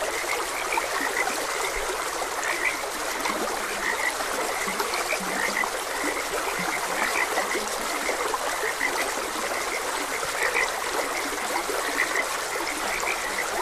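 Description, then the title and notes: Frogs croaking in a steady chorus of short, repeated mid-pitched notes over the constant rushing hiss of a flowing stream. Frogs croaking beside a gentle stream. "Frogs Croaking. Sleep and Relaxation Podcast"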